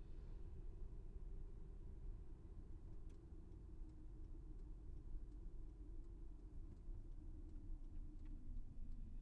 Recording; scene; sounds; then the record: everyday scene through a hearing-aid microphone; in a vehicle; engine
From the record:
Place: VW T5 Caravelle, diesel engine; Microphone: behind the ear, left, front